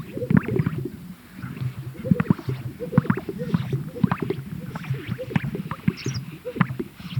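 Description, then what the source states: Greater sage-grouse: repeated deep popping and bubbling calls from several birds, overlapping in an uneven, continuous chorus. Recorded at a lek.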